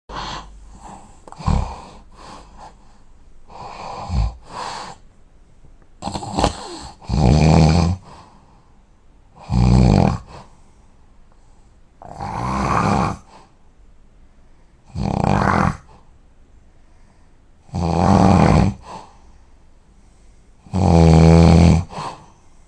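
Loud, rough, low-pitched snores recur every few seconds, about 22 a minute, from a sleeping adult.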